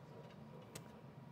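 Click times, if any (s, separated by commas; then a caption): 0.8 s. A PC component is pushed into its slot or connector during a $2500 PC build in a Lian Li O11 Evo case with a 12700KF and RTX 3070. A single short, sharp click is heard at 0.8 s over a steady low background hum, and the part is confirmed clicked in and seated.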